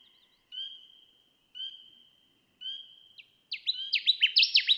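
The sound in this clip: Connecticut warbler song, a rapid string of loud slurred notes in the last second, after three drawn-out high whistled notes.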